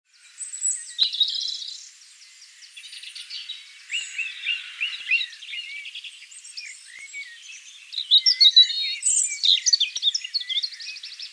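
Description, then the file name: European robin song of thin, high notes strung into varied twittering phrases, pausing briefly between bursts; one faint click near the start. "Erithacus rubecula"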